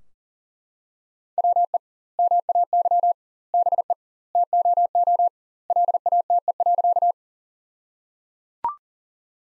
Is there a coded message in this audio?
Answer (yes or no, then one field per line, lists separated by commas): yes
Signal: Morse code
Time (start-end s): 1.4-7.1 s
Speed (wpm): 37 wpm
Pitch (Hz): 700 Hz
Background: none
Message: WE MAY BE TOO LATE.